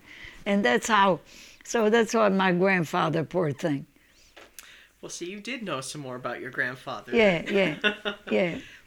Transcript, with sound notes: And that's how, so that's how my grandfather, poor thing.
Well, so you did know some more about your grandfather. (he laughs)
Yeah. Yeah. Yeah.